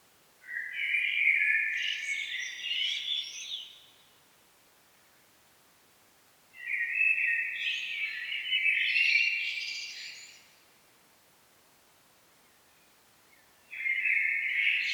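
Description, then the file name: Common blackbird song: two long mellow warbled phrases separated by pauses, with a third phrase starting at the end. "Turdus merula"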